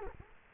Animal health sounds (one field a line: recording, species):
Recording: mosquito wingbeat signal from an infrared sensor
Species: Culex quinquefasciatus